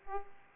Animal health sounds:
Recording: mosquito wingbeat signal from an infrared sensor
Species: Aedes aegypti

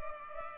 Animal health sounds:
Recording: mosquito wingbeat signal from an infrared sensor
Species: Culex pipiens

